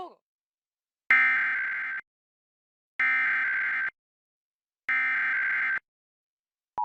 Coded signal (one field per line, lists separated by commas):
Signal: Emergency Alert System (SAME) tones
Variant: header bursts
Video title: EAS Alerts from 1/15-1/19 [EAS #163-181]